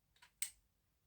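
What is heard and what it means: The spring-loaded pop-up seat of a plastic diorama couch is pushed down until its spring catch latches, arming the seat. A faint tick comes at 0.2 seconds, then a sharp, bright spring click at 0.4 seconds that quickly dies away. The seat is latched down.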